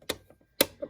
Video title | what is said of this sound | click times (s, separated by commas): How to Use Sewing Machine & How to Alter your Clothes- Beginners Sewing Course | a little click and this bobbin part is ready to go now | 0.1 s, 0.6 s